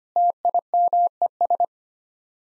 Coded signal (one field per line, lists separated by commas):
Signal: Morse code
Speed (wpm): 25 wpm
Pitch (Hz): 700 Hz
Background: none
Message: TIMES